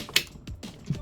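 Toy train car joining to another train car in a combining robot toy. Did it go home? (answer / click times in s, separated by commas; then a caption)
yes / 0.2 s. A plastic toy train car is pushed in slightly against another train car of a combining robot toy so that a small button engages and joins them. A sharp, bright click at 0.2 s shows the cars snapping together and seating, followed by a few softer low knocks as the pieces settle.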